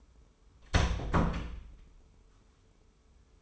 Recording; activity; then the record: daily activity, microphone in the room; close door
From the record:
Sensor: 1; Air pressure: 1015.2 hPa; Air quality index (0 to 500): 170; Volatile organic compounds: 12 ppm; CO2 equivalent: 2368 ppm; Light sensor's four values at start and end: 14/33/14/15 and 14/33/14/15